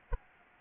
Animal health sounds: mosquito wingbeat signal from an infrared sensor; Anopheles arabiensis

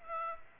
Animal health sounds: mosquito wingbeat signal from an infrared sensor; Aedes aegypti

